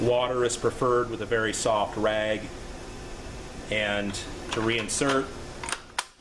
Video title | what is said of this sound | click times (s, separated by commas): MEI Validator Programming | just snaps into place so | 6.0 s